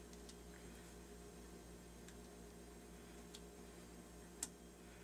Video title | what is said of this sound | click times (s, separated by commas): Lemax Spookytown Shooting Range Tear down and Repair | you'll hear it click in the place | 4.4 s